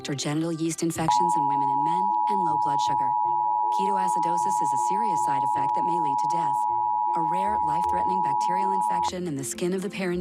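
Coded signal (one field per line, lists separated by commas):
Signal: Emergency Alert System (SAME) tones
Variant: 853 and 960 Hz attention tone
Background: speech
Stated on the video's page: National Periodic Test of the EAS as aired by local TV stations.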